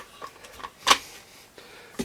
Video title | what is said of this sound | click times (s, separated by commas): Kaisi TX 350e Microscope Review | and clicks right in place and what this is good for when you're soldering say you already got it to | 2.0 s